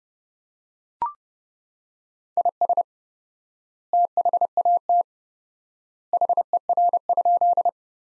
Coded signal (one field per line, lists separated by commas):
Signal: Morse code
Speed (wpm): 30 wpm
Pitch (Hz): 700 Hz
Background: none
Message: IS THAT HER?